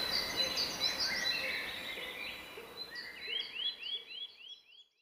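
Eurasian nuthatch giving a slow trill of rising whistled notes that fades out, after a busier stretch of mixed notes.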